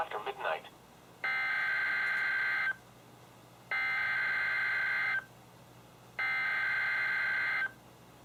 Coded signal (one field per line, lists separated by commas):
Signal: Emergency Alert System (SAME) tones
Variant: header bursts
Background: speech